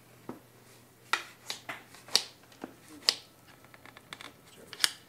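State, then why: Seated. The locking pin on a prosthetic liner is guided into the shuttle lock at the bottom of a prosthetic socket as the limb goes in, with soft rustling and faint ticks between. The lock ratchets with sharp clicks at 2.2, 3.1 and 4.8 seconds, and the pin is seated, giving the two to three clicks needed before walking is safe.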